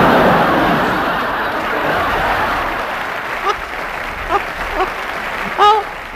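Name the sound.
studio audience applause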